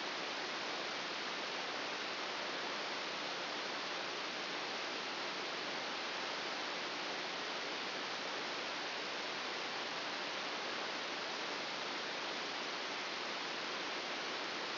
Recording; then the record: brain microelectrode recording played as sound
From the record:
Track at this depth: inside the subthalamic nucleus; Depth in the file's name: 2.004 mm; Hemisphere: right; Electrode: 2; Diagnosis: Parkinson's disease